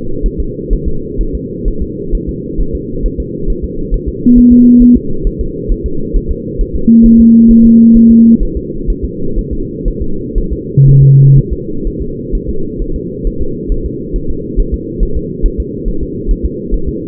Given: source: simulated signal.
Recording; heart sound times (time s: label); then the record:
fetal heart sounds
0.26 s: S1
0.40 s: S2
0.73 s: S1
0.88 s: S2
1.21 s: S1
1.35 s: S2
1.68 s: S1
1.82 s: S2
2.15 s: S1
2.29 s: S2
2.61 s: S1
2.75 s: S2
3.06 s: S1
3.20 s: S2
3.50 s: S1
3.64 s: S2
3.94 s: S1
4.09 s: S2
4.38 s: S1
4.52 s: S2
4.82 s: S1
4.97 s: S2
5.27 s: S1
5.41 s: S2
5.72 s: S1
5.86 s: S2
6.16 s: S1
6.31 s: S2
6.61 s: S1
6.76 s: S2
7.06 s: S1
7.20 s: S2
7.51 s: S1
7.66 s: S2
7.97 s: S1
8.11 s: S2
8.43 s: S1
8.57 s: S2
8.90 s: S1
9.05 s: S2
9.39 s: S1
9.53 s: S2
9.88 s: S1
10.02 s: S2
10.38 s: S1
10.53 s: S2
10.89 s: S1
11.03 s: S2
11.38 s: S1
11.53 s: S2
11.87 s: S1
12.02 s: S2
12.35 s: S1
12.49 s: S2
12.82 s: S1
12.96 s: S2
13.27 s: S1
13.42 s: S2
13.72 s: S1
13.86 s: S2
14.16 s: S1
14.30 s: S2
14.60 s: S1
14.74 s: S2
15.03 s: S1
15.17 s: S2
15.46 s: S1
15.60 s: S2
15.88 s: S1
16.03 s: S2
16.31 s: S1
16.46 s: S2
16.74 s: S1
16.89 s: S2
From the record:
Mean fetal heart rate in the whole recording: 130 bpm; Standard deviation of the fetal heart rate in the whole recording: 4 bpm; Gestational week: 38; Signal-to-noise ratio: -8.1 dB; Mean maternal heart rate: 72 bpm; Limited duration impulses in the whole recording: present